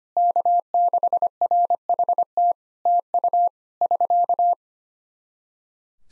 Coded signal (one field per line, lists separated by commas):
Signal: Morse code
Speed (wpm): 25 wpm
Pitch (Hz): 700 Hz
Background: none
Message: K6RHT TU <SK>